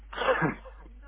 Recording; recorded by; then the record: voluntary cough; telephone call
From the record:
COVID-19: positive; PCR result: checked with the laboratory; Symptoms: no